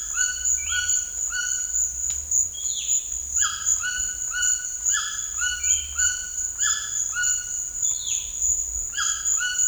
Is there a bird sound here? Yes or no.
yes